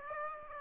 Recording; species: mosquito wingbeat signal from an infrared sensor; Aedes aegypti